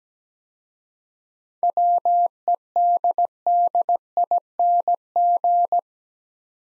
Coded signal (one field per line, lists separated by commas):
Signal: Morse code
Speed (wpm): 17 wpm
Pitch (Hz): 700 Hz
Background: none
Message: WEDDING